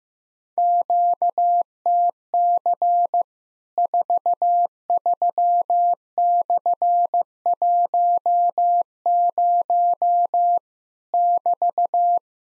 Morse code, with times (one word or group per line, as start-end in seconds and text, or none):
0.6-3.2 QTC
3.8-10.6 43/10
11.1-12.2 <BT>